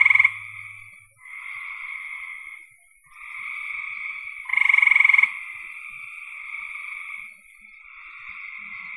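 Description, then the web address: Frog chorus of buzzy trills in several overlapping bouts, with louder rasping bursts at the start and midway, and a brief low hum at the start. "cn frogs"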